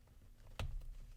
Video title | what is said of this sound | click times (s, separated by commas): Review - Hell Dominator (Spawn) by Flash Point (FP22167) 1/6 Scale Figure (Standard Version) | boom hear that snap it's in there now | 0.6 s